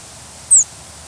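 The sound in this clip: Field sparrow call: one brief, thin, very high note slurring slightly downward, over faint steady background hiss.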